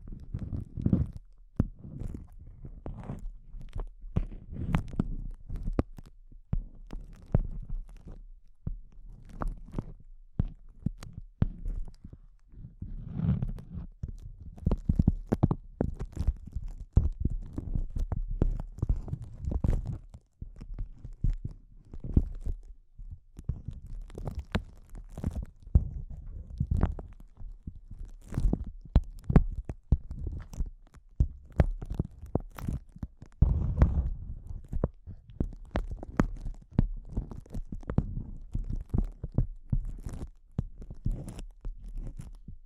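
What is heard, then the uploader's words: Intense close-up crinkles crackle without pause for the whole stretch, a dense, irregular patter of sharp snaps and rustles. A soft low rumble sits underneath, and the crackling swells and thins in uneven bursts, with a brief dip just after twenty seconds. ASMR Intense Close-Up Crinkles (No Talking).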